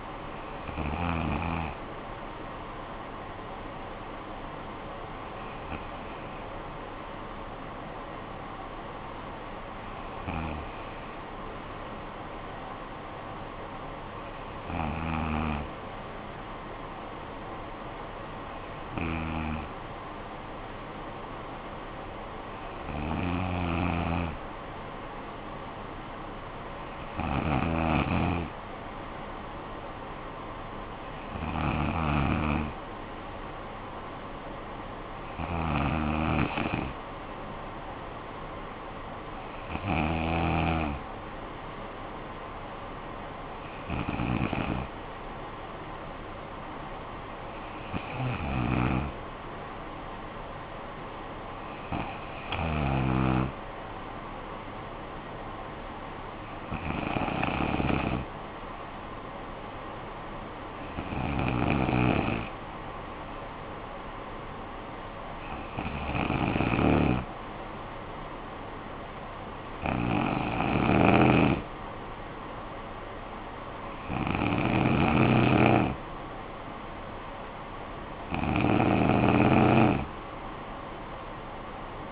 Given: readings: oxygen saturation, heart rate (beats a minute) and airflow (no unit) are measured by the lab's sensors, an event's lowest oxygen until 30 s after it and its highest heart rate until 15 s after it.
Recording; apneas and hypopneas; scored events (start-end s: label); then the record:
breathing in sleep by a voice recorder at the bedside; none
none scored
From the record:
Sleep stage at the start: N2 (light sleep); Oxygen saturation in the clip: 93 to 95%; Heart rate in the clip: 50 to 65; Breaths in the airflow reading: 19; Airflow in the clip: -10.1 to 6.3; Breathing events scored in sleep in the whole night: 445 in 7.6 hours asleep